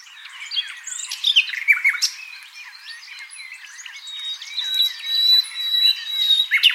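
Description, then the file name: Common nightingale in varied song, scattered chips and twitters followed by a long sustained high whistled note. "Luscinia megarhynchos"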